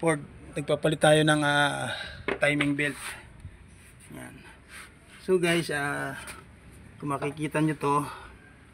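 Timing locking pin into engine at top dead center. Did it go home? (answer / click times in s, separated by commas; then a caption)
no / none. A man talks while a timing locking pin is being fitted into a Ford EcoSport engine at top dead center during a timing belt change. Only speech is heard, with quiet pauses between phrases and no distinct metallic click. Nothing has seated or clicked yet.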